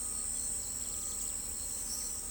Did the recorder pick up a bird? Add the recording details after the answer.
no. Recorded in pastures near Pivijay, Magdalena, Colombia, on 3 June 2023 at 05:30. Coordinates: 10.456, -74.369. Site P6-G026